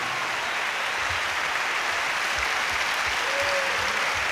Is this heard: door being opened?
no